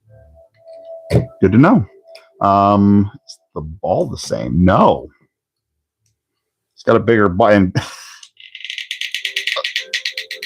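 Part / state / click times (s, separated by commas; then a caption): plastic figure socket onto a ball-joint peg / not seated / none. Someone talks, then a small plastic figure is pushed onto a ball-joint peg with a quick series of light plastic rattles and clicks from about 8.5 s to the end. Nothing has snapped or seated; the figure's socket fails to snap onto the ball joint.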